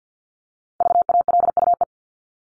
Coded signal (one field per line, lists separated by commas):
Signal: Morse code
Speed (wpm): 50 wpm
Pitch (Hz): 700 Hz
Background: none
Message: VALUE